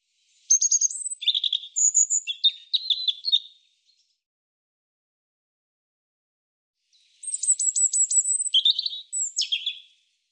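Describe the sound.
European robin song: two separate bursts of high, thin, jumbled phrases mixing sharp trills and sliding whistles, with a silent pause of about three seconds between them.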